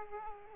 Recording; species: mosquito wingbeat signal from an infrared sensor; Aedes aegypti